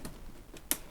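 A plastic fascia clip is pushed into the front frame of a Dyson CR01 Contrarotator washing machine while the front fascia is being refitted. Faint ticks at 0.1 s and 0.6 s are followed by one loud, sharp click at 0.7 s. The clip engages on one side only and not the other, blamed on hoses getting caught.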